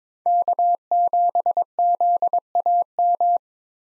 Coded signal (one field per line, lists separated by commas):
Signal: Morse code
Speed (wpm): 22 wpm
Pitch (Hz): 700 Hz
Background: none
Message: K7ZAM